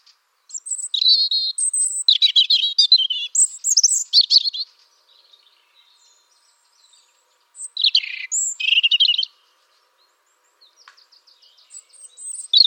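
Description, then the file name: European robin singing two separate phrases of high, varied warbling and twittering notes, each lasting a few seconds, divided by a quiet pause with faint chirps. "Erithacus rubecula"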